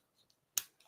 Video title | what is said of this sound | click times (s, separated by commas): LIVE Cool2Craft Pajama Party - August 20th | and you'll hear it click. | 0.6 s